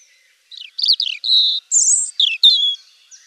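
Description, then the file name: European robin delivering a short varied phrase: a thin downslurred whistle, sustained high notes, and a fizzing rapid trill, each part clearly separated. "Jeanchr Rochechr-chr Rougegorge"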